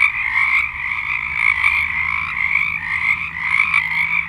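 Frog chorus of countless overlapping croaking trills, a steady shimmering din with a faint low hum underneath.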